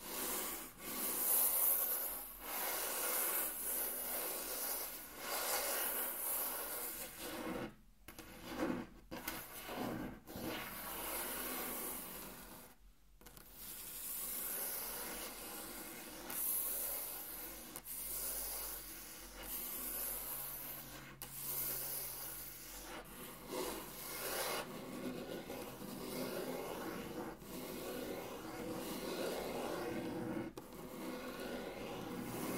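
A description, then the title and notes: Intense tracing across a table: a dense, scratchy rubbing against wood that runs nearly nonstop with a bright, hissy edge. The strokes surge and ease irregularly, broken by short pauses around 8 and 13 seconds and a few brief dips later. Intense Table Tracing (No Talking).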